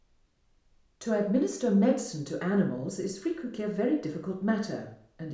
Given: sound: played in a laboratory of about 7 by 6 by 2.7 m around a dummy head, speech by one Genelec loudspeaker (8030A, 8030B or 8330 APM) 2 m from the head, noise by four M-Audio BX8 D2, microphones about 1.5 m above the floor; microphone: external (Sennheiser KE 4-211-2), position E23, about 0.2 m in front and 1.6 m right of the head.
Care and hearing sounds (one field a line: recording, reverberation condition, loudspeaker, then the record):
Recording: female speech in English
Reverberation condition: medium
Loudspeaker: 120 degrees to the right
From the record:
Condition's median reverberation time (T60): about 510 ms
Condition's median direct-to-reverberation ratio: about -0.5 dB